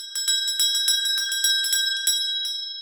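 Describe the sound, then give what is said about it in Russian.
A small hand bell, taken from a table, rings in a quick, steady series of about a dozen bright strikes, high and metallic, with shimmering overtones that ring on briefly after the last shake. “Продолжим дальше», — улыбнулся царь и взял со стола стоящий тут же небольшой колокольчик.”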